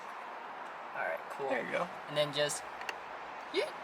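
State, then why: Not seated. A replacement red plastic start/stop button is handled and lined up the right way with its dashboard surround while someone talks, with a brief sharp tick at about 2.9 s. The button has not yet seated or clicked into the dash.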